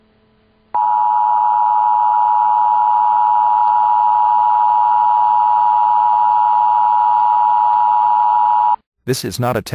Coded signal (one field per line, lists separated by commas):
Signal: Emergency Alert System (SAME) tones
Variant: 853 and 960 Hz attention tone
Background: speech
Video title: Sprint Good luck forgetting narwahls EAS parody